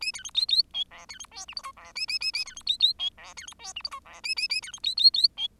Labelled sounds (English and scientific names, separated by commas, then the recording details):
Bengalese Finch (Lonchura striata domestica) song
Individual Bird10